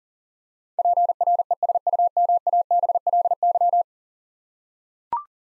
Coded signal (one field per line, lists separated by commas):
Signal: Morse code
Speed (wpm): 37 wpm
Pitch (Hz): 700 Hz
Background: none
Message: PRESUMABLY